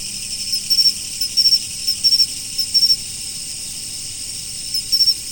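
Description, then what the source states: Insects keep up a shrill chorus steadily while louder chirp bursts of three or four pulses recur at uneven intervals. Autumn.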